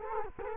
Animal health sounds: mosquito wingbeat signal from an infrared sensor; Culex quinquefasciatus

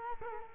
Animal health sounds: mosquito wingbeat signal from an infrared sensor; Culex quinquefasciatus

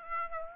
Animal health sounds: mosquito wingbeat signal from an infrared sensor; Aedes aegypti

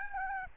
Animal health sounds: mosquito wingbeat signal from an infrared sensor; Aedes albopictus

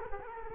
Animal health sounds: mosquito wingbeat signal from an infrared sensor; Culex quinquefasciatus

